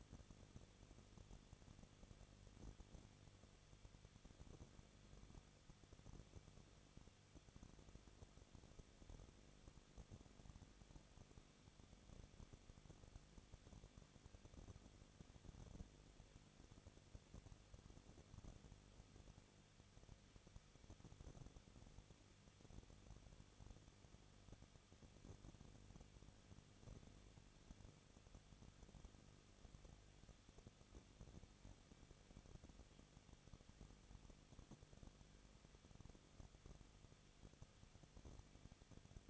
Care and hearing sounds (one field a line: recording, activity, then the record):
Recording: daily activity, microphone in the room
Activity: no activity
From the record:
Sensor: 4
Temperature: 23.1 degrees Celsius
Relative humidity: 34.2%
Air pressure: 1007.1 hPa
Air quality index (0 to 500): 217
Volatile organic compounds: 15 ppm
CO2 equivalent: 2504 ppm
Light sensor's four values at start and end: 2/3/1/1 and 2/3/1/1